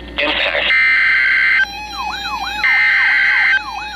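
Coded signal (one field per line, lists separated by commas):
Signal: Emergency Alert System (SAME) tones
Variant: header bursts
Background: speech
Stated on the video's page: Tornado warning received from NOAA Weather Radio KEC60, Milwaukee, Wisconsin.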